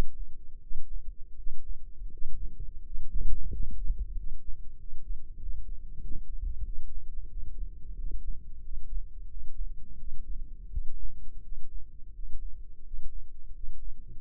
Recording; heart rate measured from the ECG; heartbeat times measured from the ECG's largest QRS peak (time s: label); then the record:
heart sounds by microphone in the left ear; 88 bpm
0.59 s: heartbeat
1.34 s: heartbeat
2.09 s: heartbeat
2.82 s: heartbeat
3.49 s: heartbeat
4.14 s: heartbeat
4.76 s: heartbeat
5.37 s: heartbeat
5.99 s: heartbeat
6.61 s: heartbeat
7.27 s: heartbeat
7.94 s: heartbeat
8.61 s: heartbeat
9.27 s: heartbeat
9.96 s: heartbeat
10.68 s: heartbeat
11.40 s: heartbeat
12.11 s: heartbeat
12.81 s: heartbeat
13.51 s: heartbeat
14.18 s: heartbeat
From the record:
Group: healthy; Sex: male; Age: 33 years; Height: 179 cm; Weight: 80.4 kg